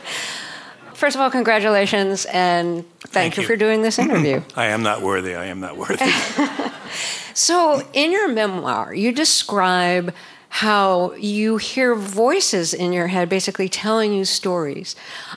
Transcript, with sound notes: First of all, congratulations, and...
Thank you.
...Thank you for doing this interview.
I am not worthy. I am not worthy.
(Laughter) So in your memoir, you describe how you hear voices in your head, basically telling you stories.